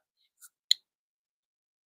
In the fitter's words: clicks pretty good it's pretty good positive retention